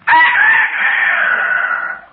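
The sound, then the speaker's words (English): A rooster crows once in the early morning, a loud, sustained, strained cry that holds steady for about two seconds before cutting off, with no talking over it. “No, that's the rooster. It's morning.”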